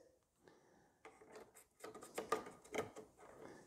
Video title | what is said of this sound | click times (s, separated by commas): RetroTour: Upgrade Time: Taking a IBM PC Convertible to 640KB | and actually it looks like we can test it without even snapping it in place i haven't snapped it in place yet | 2.3 s